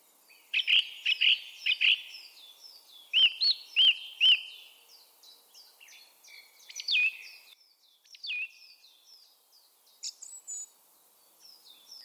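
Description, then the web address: Bird calls: a run of loud, clipped arching notes in a quick series, then scattered chirps, with a dense chorus of high falling whistles throughout. "Bird Only"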